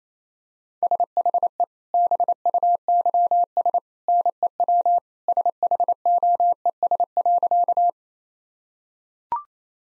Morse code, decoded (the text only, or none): SHE BUYS NEW SHOES.